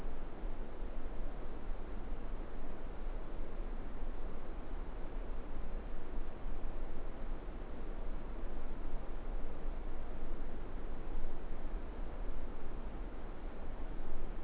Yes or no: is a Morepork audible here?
no